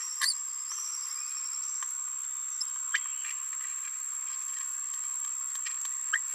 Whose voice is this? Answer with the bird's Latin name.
Forpus passerinus